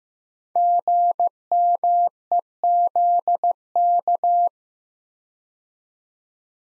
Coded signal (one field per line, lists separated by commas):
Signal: Morse code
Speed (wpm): 15 wpm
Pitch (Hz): 700 Hz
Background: none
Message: GMEZK